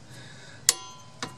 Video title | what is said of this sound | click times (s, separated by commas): How to set & use a torque wrench | there we go so that's the click the torque wrench produces is been | 0.7 s